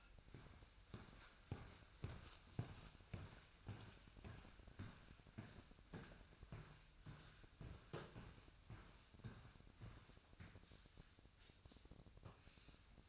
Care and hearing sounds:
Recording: daily activity, microphone in the room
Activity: walk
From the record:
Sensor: 2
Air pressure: 1001.5 hPa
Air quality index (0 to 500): 226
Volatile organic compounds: 25 ppm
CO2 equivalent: 2840 ppm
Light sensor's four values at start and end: 9/29/11/11 and 9/29/11/11

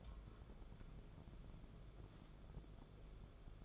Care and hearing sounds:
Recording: daily activity, microphone in the room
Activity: take from stove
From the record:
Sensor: 5

